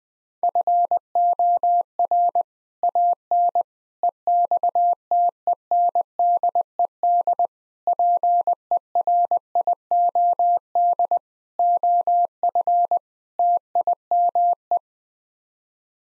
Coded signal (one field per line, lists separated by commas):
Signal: Morse code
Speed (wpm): 20 wpm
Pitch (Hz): 700 Hz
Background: none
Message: FOR AN EXTENDED PERIOD OF TIME